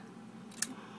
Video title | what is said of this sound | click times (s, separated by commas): Bumblebee review | supposed to snap, and there. | 0.6 s